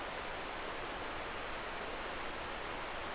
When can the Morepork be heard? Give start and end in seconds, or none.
none